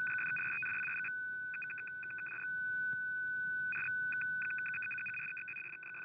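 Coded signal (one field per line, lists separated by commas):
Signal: numbers station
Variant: F06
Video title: F06 14356kHz 15:40UTC - Digital Number Station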